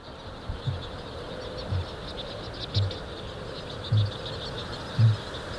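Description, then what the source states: Kakapo booming: deep low booms repeated about once a second, over a steady high hiss. Male kākāpō booming, a giant flightless night parrot, New Zealand; booming likened to the heartbeat of the land.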